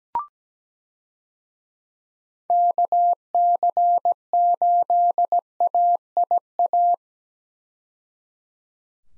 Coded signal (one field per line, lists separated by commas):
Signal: Morse code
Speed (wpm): 17 wpm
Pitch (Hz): 700 Hz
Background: none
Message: KC8AIA